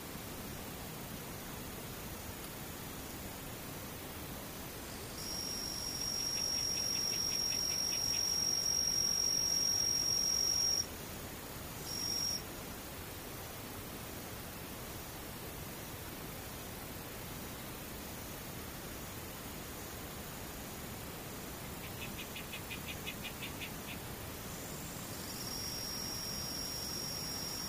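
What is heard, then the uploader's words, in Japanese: A near-silent scene with insects far away, under a steady soft hiss throughout. A thin, high, continuous insect trill appears from about 5 to 11 seconds, blips briefly near 12, then returns from 25 seconds on, with faint pulsing chirps around 7 and 23 seconds. 無音遠くにムシ。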